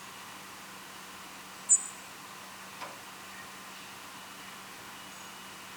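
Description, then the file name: European robin call: a single brief, very high, thin note, then a faint click and a softer high note, over steady background hiss and a low hum. "Erithacus rubecula"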